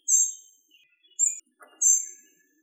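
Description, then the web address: Spotted flycatcher giving very high, thin call notes, three sharp squeaky calls in under three seconds with quiet pauses between them. "Muscicapa striata"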